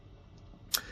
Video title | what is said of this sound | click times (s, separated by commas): Mcfarlane Toys DC Multiverse The Rogues Captain Cold Figure - @TheReviewSpot | You know you've succeeded by the way it does that satisfying snap. | 0.8 s